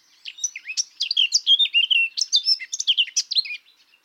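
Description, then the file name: Eurasian blackcap song: a fast, continuous warble of varied high chirps and fluty slurred notes, rising and falling for over three seconds. "Sylvia atricapilla"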